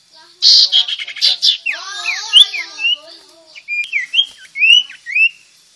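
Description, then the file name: Sirtu singing: a varied string of sharp, high rising and falling whistles and squeaky chirps delivered in quick bursts with short pauses. Vigorous singing style called gacor. "Suara Burung Sirtu Auto Gacor"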